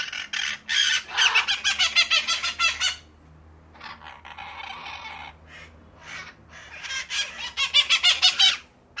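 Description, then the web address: Parakeets giving harsh, grating screeches in rapid pulsed bursts, two long noisy runs separated by a quieter, buzzy stretch. Several parakeets calling angrily. "the sound pack tree. angry parakeets"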